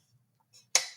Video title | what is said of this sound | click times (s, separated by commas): Black friday Deals liveStream Nov 28th | And it just snaps into place as you guys can see. | 0.8 s